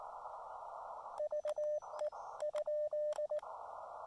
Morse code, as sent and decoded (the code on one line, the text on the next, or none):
...- . / ..--..
VE ?